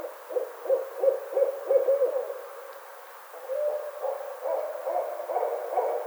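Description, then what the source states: Barred owl calling with quick repeated hoots, a brief pause, then a longer run of wavering, rising hoots. Recorded 25 May 2009.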